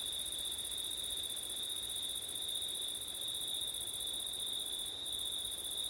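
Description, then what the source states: Crickets chirring continuously at a high pitch, a higher band briefly pausing near the end, over a soft windy hiss. September night, with wind; ORTF stereo microphone setup.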